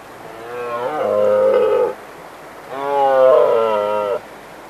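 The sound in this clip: Red deer bellowing call: two long, deep, harmonic roars, each a second or more, with a short pause between, rising in strength then cutting off.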